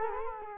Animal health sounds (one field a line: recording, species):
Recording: mosquito wingbeat signal from an infrared sensor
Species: Culex quinquefasciatus